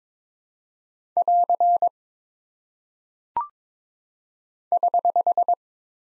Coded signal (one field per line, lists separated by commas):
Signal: Morse code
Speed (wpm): 22 wpm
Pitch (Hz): 700 Hz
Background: none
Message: <AR> <HH>